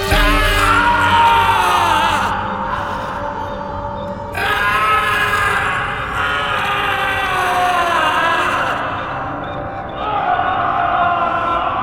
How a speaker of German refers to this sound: Der Schrei des Entsetzens und des Schmerzes erschütterte die Fundamente der Festung in der Calle Vienna.